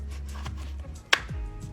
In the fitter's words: Rotate in opposite directions to hear a click.